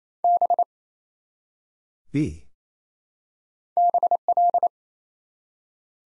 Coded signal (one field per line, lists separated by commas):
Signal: Morse code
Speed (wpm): 28 wpm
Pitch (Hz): 700 Hz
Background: none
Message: B BL